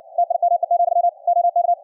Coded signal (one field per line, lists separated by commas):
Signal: Morse code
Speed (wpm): 56 wpm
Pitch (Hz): 700 Hz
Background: none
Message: TIME, OK